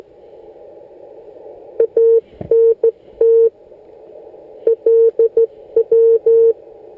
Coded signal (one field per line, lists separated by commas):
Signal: Morse code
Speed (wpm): 14 wpm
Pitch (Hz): 460 Hz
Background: none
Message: ANT LW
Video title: Morse code QRS